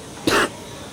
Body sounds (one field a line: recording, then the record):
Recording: coughing mixed with background sound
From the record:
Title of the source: 60 coughing still (deep and wet cough)